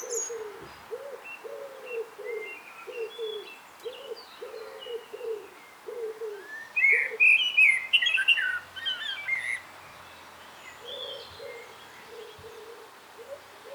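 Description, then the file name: Common blackbird song, a loud warbled phrase with squeaky flourishes midway, over a series of short low hooting notes heard through much. "Turdus merula"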